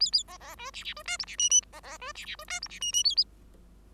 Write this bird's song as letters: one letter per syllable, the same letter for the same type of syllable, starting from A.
A A B B C D D C E F D G G B B C D D C E F D G G A A